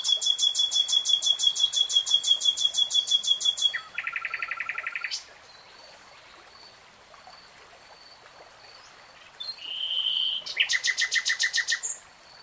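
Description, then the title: Nightingale song: a long rapid series of sharp high notes, a lower buzzy rattle, a pause, then a short whistle and another fast burst of notes. Recorded in real time. "[Tiếng chim hót] 3 Hours REALTIME Nightingale Singing"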